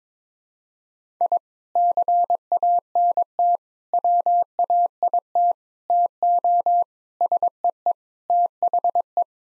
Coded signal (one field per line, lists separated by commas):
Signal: Morse code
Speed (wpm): 23 wpm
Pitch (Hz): 700 Hz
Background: none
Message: I CANT WAIT TO SEE THE